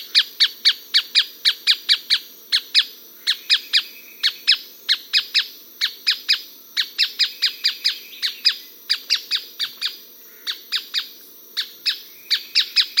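Striated softtail giving sharp, dry ticking notes, often in quick pairs or bursts, repeated steadily with brief pauses throughout, against a quiet background.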